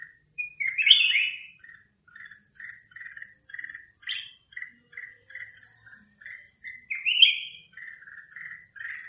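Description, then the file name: Bulbul song: a steady run of short chirpy notes about four a second, broken by a few louder warbled phrases; no other sounds. "Tieng chao mao vang"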